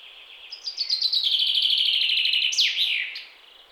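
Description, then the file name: Common chaffinch singing one full phrase, fast chipping notes that descend, then finish with an emphatic downward-swooping ending; quiet hiss behind. "Fringilla coelebs"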